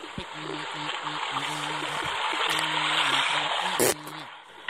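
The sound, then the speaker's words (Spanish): Steady rushing and splashing of water running through an irrigation ditch used to water a vegetable garden, a continuous bright wash with a low hum underneath and a couple of sharp clicks near the end. “Y ahora voy a ir a la acequia a escuchar cómo hay de agua.”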